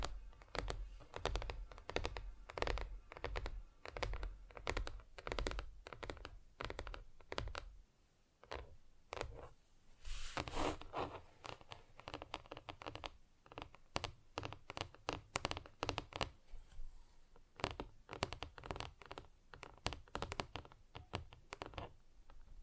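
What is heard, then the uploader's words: Fingers tap on different surfaces in quick, uneven bursts of sharp clicks, dense for the first eight seconds. Around ten seconds a brief scratchy rub breaks in, then the tapping returns in sparser clusters with short pauses, each tap crisp and bright. ASMR Just Tapping (Different Surfaces No Talking).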